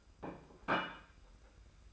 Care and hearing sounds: daily activity, microphone in the room; place plate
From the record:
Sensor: 2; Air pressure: 991.6 hPa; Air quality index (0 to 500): 184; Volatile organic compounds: 1000 ppm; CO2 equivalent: 6026 ppm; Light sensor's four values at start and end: 23/74/29/28 and 23/75/29/28

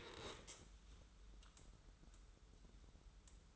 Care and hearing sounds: daily activity, microphone in the room; stand up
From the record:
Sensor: 3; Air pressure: 994.4 hPa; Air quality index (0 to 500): 200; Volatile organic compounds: 1000 ppm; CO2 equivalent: 6620 ppm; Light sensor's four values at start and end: 169/397/170/168 and 187/443/189/190

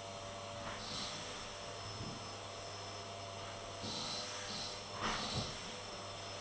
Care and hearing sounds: daily activity, microphone in the room; vacuum cleaning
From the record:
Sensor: 4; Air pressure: 1000.9 hPa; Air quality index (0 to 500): 138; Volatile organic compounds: 2 ppm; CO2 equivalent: 1024 ppm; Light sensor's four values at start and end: 29/69/29/31 and 29/69/29/31

